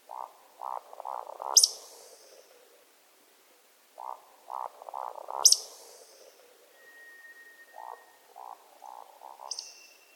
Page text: Вальдшнеп